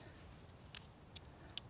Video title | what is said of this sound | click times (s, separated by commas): NNSDP 2022 Bike Safety | and then you're going to strap and hear the click sound for it | 1.6 s